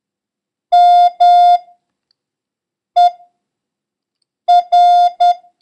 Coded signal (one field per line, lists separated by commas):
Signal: Morse code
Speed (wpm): 10 wpm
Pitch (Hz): 710 Hz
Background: none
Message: MER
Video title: International Morse Code: Lesson 6